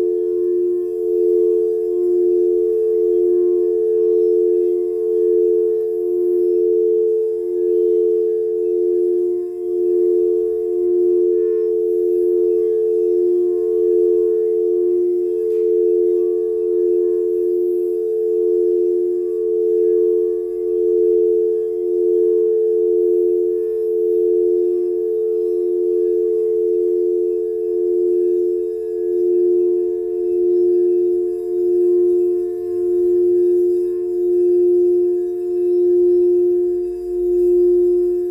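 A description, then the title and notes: A sound bath tone rings steadily for the whole stretch, a warm mid-low hum with two close pitches beating against each other in a slow, regular pulse about every second. Faint higher overtones shimmer above it, and a soft low rumble sits underneath. Cold Moon Soundbath.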